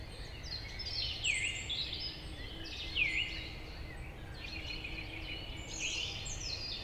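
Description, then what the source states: Song Thrush song: a loud whistled phrase given twice, about two seconds apart, over a steady low rumble. Route Forestière de la Meunaz, Montcel state forest, Montcel, Savoie, France; large forest frequented by thrushes and many other birds.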